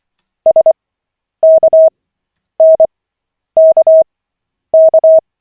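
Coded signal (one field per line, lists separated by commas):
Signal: Morse code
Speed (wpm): 24 wpm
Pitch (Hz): 640 Hz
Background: none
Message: SKNKK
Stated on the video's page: Koch method CW practice session, lesson 6 of 40, on LCWO.net.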